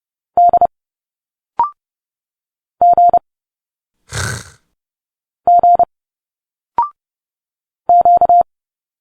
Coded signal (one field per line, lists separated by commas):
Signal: Morse code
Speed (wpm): 30 wpm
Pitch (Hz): 700 Hz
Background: none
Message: D G G Q